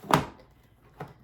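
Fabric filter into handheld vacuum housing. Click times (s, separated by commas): 0.1 s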